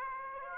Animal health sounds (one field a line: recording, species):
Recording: mosquito wingbeat signal from an infrared sensor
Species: Aedes aegypti